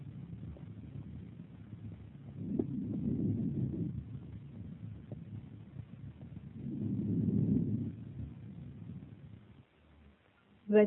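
Two soft, low breath cycles: normal vesicular breath sounds over the left axilla, the unaffected side, heard during comparative lung auscultation of an adult with heart failure and a right-sided hydrothorax.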